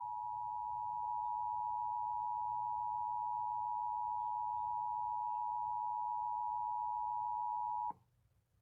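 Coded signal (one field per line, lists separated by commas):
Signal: Emergency Alert System (SAME) tones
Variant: 853 and 960 Hz attention tone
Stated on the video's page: Fictional EAS scenario about an alien invasion.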